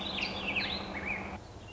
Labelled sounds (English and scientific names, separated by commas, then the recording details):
Warbling Vireo (Vireo gilvus)
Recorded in Sonoma County, California